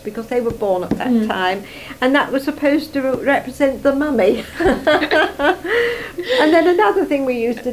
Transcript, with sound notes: Because they were born at that time.
Mhm.
And that was supposed to represent The Mummy. [laughs] And then another thing we used to do.